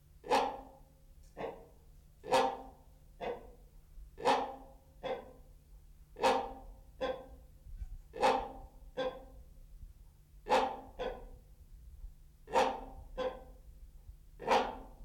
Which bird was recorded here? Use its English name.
Great Hornbill